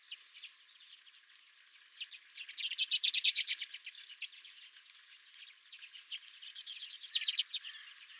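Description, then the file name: Redpoll chatter of quick repeated chips, a louder run near three seconds and another near seven, over steady soft twittering from other birds. Redpolls at the recordist's feeder. "Redpolls at My Feeder"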